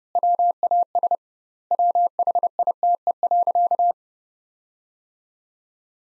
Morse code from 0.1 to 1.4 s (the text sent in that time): WAS